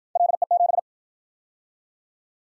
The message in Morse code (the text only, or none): LE7